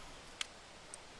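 A loaded flintlock musket is raised and its cock (hammer) is pulled back until the sear catches with one more click into full cock. A sharp, bright click is heard at 0.4 s, followed by a fainter high tick at 0.9 s. The cock is seated at full cock, ready to fire.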